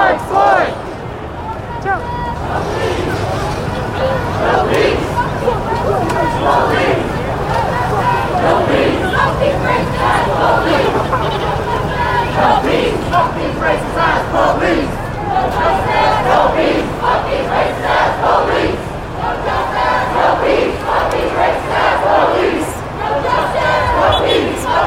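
Protest crowd in New York City: many voices overlap in a dense, steady roar, with shouts and calls rising and falling every second or two. Sharper yells stand out throughout, and the level never drops across the whole stretch.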